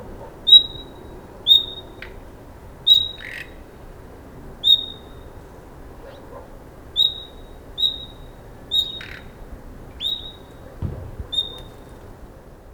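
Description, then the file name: Common nightingale giving short, clear whistles, about nine spaced unevenly throughout, with a few faint dry clicks between them. "Luscinia megarhynchos"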